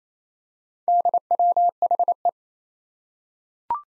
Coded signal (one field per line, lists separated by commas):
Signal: Morse code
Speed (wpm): 27 wpm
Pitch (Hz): 700 Hz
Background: none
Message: DWHE